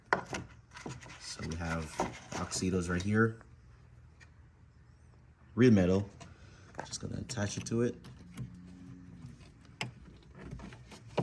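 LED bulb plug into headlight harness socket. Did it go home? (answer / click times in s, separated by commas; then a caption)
yes / 11.2 s. An AUXITO 9005 HB3 LED bulb's plastic plug is attached to the headlight harness socket on the second side while someone talks. After a few light knocks and handling taps, a little click is heard at 11.2 s as the connector seats home.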